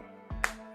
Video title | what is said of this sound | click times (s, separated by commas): Samsung Galaxy Z Fold 3 - Case Line Up and Review! | Snaps right in. | 0.4 s